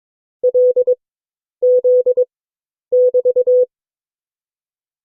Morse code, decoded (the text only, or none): LZ<BT>